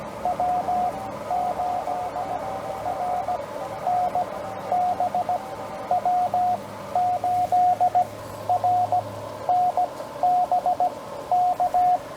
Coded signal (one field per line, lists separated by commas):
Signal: Morse code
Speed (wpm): 17 wpm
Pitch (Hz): 700 Hz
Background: radio noise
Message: W8RNB W8RNB K